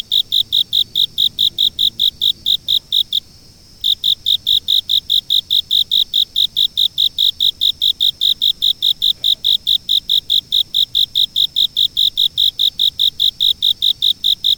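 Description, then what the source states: Insect song of bright, high-pitched chirps in a long, even, rapid series, broken once by a short silence early on. Insects singing in fall.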